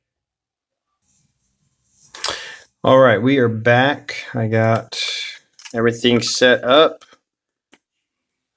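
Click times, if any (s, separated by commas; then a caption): 7.7 s. A fountain pen cap is pushed onto a resin pen barrel, possibly posted, until it snaps into place. Someone talks from about 2 to 7 seconds, then a short, faint click comes at 7.7 s as the cap seats.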